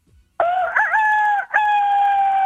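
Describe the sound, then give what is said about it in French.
A voice imitates a rooster crowing: a loud, strained, high call held for about two seconds, broken by a brief catch near the middle before it carries on. No other sounds accompany it. “Non, mais c'est le coq.”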